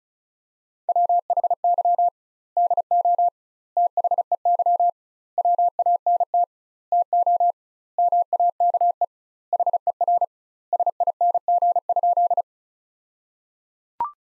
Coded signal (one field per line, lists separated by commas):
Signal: Morse code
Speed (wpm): 34 wpm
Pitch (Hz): 700 Hz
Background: none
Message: WHY DO THEY WANT TO MAKE HER SING?